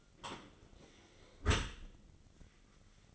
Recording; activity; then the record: daily activity, microphone in the room; close dishwasher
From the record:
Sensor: 4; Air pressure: 1003.9 hPa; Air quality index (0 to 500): 155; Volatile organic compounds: 2 ppm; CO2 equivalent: 1101 ppm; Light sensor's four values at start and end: 22/53/22/23 and 22/54/22/24